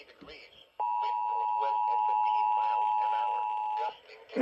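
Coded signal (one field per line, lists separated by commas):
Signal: Emergency Alert System (SAME) tones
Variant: 853 and 960 Hz attention tone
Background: speech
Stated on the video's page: Severe thunderstorm warning received on an FM radio station.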